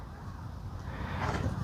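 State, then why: Not seated. A plastic phone mount body for a bike or motorcycle phone holder is inserted and lined up on the handlebar clamp before being pushed in from both sides. Only low, steady handling rustle is heard, getting slightly louder toward the end. Nothing has clicked or seated yet.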